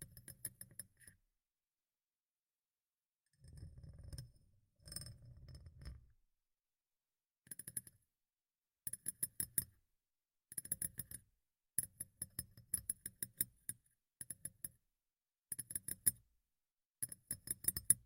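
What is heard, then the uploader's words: Tapping in bursts, quick clusters of sharp, bright clicks with a light glassy, clinking edge, separated by short silences. Around 3.5 to 6 seconds the taps give way to two soft, low rustling swells before the crisp tapping resumes and repeats steadily to the end. ASMR Tapping in Your Ear (No Talking).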